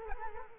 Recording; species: mosquito wingbeat signal from an infrared sensor; Culex quinquefasciatus